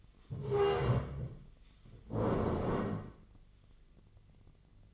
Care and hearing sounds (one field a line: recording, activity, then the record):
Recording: daily activity, microphone in the room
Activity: stand up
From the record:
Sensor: 4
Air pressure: 1013.1 hPa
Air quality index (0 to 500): 174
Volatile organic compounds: 2 ppm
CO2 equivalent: 1098 ppm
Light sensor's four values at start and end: 52/127/54/58 and 51/127/53/57